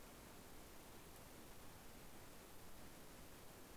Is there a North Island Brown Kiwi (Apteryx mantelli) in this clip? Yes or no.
no